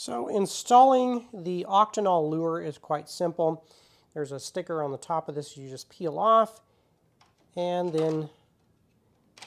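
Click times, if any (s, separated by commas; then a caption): 9.4 s. Someone talks while a sticker is peeled off the top of a plastic Octenol mosquito lure cartridge, which is then pushed into its lure holder on a Flowtron MC9000 bug zapper. Near the end, two quick sharp clicks at about 9.4 s and 9.4 s mark the cartridge seating in the holder.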